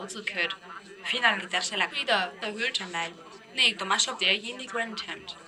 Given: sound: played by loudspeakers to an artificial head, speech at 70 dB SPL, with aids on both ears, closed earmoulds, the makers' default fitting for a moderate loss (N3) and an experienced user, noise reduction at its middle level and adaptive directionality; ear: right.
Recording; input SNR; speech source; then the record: speech test signal (ISTS) in cocktail-party noise; +6 dB; in front (0 degrees)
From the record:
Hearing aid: class 2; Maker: E